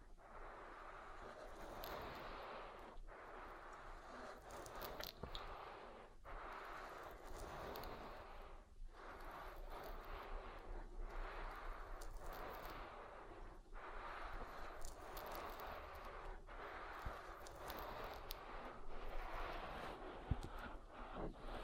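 Oil ear massage: a dense, steady rubbing and squishing that fills the sound throughout, with a muffled low rumble underneath. Brief dips break the texture every second or two, as if the hands lift and press again, with scattered crackly ticks on top.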